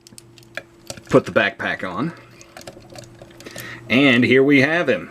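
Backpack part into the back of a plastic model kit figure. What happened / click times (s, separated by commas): The plastic part snapped onto the body / 0.6 s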